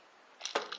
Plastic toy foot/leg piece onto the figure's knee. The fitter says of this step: to to you hear nice click